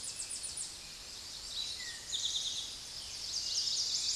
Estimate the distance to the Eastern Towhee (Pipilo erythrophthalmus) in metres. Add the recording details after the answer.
about 30 m. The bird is about 5 m above the microphone. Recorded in a Pennsylvania forest on 16 May 2024 at 06:01. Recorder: AudioMoth, point MSD-0788. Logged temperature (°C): 16.6 °C. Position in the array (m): 106 m, 7 m